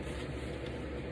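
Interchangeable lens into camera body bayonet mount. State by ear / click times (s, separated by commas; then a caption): not seated / none. A kit zoom lens is lined up with the dots on a Canon T7 DSLR body's bayonet mount and twisted, with the click meant to confirm the lens is on. Only a steady, broadband background noise is heard, with no sharp sounds. The clip ends before the lens is fully on; nothing has seated or clicked yet.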